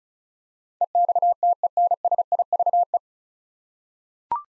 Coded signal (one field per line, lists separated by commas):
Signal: Morse code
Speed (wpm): 36 wpm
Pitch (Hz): 700 Hz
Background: none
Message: EXTENSIVE